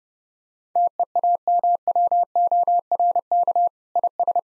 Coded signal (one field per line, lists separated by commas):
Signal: Morse code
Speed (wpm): 30 wpm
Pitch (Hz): 700 Hz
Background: none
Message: TEAMWORK IS